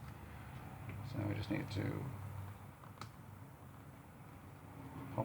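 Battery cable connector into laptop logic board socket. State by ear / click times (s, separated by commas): seated / 5.2 s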